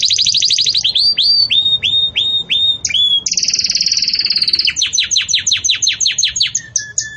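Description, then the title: Belgian canary song: quick trill, a series of whistled falling slurs, a dense high roll, then steady repeated downward sweeps. Belgian canary song in the campainha (bell) style, used for tutoring young canaries. "Canto Do Canário Belga Campainha Para Encarte De Filhotes"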